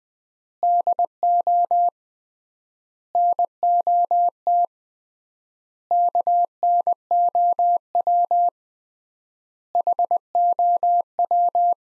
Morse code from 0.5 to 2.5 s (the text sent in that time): DO